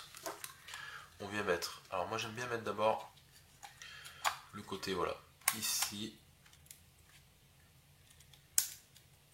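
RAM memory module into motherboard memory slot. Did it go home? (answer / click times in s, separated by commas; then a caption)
yes / 8.6 s. A second RAM memory module is inserted side first into its motherboard memory slot, then pressed down until its retaining clips snap. Someone talks over light handling noises, and a sharp click at 8.6 s confirms the module is properly seated.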